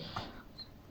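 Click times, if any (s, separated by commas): none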